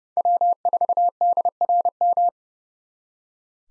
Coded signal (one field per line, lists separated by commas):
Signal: Morse code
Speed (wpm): 38 wpm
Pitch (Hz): 700 Hz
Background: none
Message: W4DRM